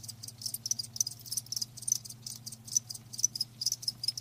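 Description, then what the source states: Crickets giving high chirps in irregular pulses over a low hum. Live crickets chirping, a lulling song.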